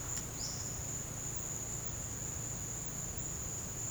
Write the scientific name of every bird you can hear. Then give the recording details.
Cyanocorax violaceus. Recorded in pastures near Puerto Asís, Putumayo, Colombia, on 23 June 2025 at 12:00. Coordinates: 0.496, -76.326. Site GP01